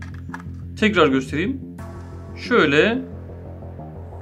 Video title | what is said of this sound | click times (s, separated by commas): Laptopu HIZLANDIR - SSD Nasıl Takılır? RAM Yükseltme nasıl yapılır? Acer Aspire Laptop | our RAM memory and placed it here, we hear a click, | 0.3 s